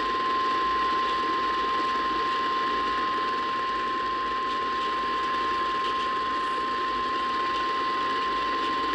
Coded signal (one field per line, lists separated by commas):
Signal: Emergency Alert System (SAME) tones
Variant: 1050 Hz attention tone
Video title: Alert Scarcity (EAS Alerts from 6/21/23) (EAS #1,344-1,346) (EP2)